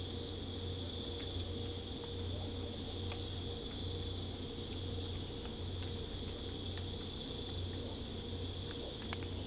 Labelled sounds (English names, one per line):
none